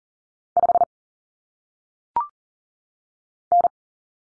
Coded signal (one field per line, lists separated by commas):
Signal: Morse code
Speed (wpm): 40 wpm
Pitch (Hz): 700 Hz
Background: none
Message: 5 N